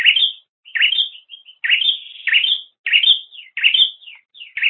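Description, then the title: Bird chirps, each bright rising note trailing into a short warbled, wavering phrase, delivered in an uneven series of about six. "kikicau"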